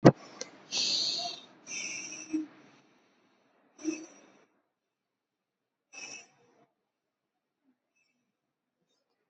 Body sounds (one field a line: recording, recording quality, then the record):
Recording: shallow breathing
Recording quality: excellent, no background noise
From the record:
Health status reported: COVID-19 positive, mild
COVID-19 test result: positive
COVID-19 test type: RT-PCR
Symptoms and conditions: sore throat, hypertension, diabetes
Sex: male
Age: 50 years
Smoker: no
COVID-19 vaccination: both doses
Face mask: not worn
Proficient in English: yes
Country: India